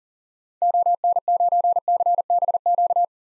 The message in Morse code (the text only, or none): ON9CBQ